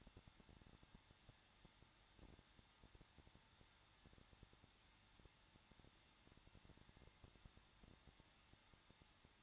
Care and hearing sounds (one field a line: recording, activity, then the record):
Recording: daily activity, microphone in the room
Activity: no activity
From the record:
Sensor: 3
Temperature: 21.2 degrees Celsius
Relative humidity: 36.5%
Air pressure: 1006.4 hPa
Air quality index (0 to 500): 224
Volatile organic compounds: 44 ppm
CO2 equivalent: 3216 ppm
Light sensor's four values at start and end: 2/3/2/2 and 2/3/2/2